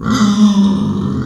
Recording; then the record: squeal of a Yucatan mini pig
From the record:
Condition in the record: after surgery on the right vocal fold (resection and tissue-engineered implant); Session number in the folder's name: 13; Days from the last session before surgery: 113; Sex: female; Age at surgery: 19 weeks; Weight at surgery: 25 kg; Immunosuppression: prednisolone